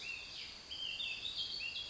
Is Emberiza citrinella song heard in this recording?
no